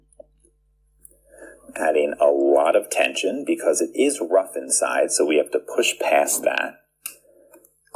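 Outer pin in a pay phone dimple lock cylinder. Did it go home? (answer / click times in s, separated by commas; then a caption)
yes / 7.1 s. Someone talks while heavy tension is applied with a dimple pick to push past the rough internals of a pay phone dimple lock cylinder. At 7.1 s a sharp click is heard as the outer pin in position one sets, followed by a few faint ticks.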